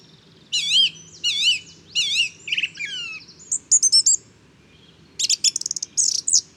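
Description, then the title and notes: Song thrush repeating a wavering whistled phrase three times, then shifting to thin high notes and a fast trill-like burst. Inventive, varied male singing just after daybreak, 12 February 2019, Bois de Château Serein; Nagra Seven recorder with Telinga Pro7. "Première mélodie de printemps. 12 février 2019-Bois de chateau serein. Grive musicienne (Turdus philomelos). Troglodyte mignon (Troglodytes troglodytes)"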